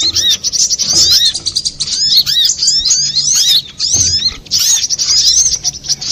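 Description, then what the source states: Little spiderhunter singing, dense runs of high chattering notes with sweeping slurs, nearly continuous, broken by a brief gap and a couple of low knocks. Master recording (masteran) for training cage birds, labelled Labaik.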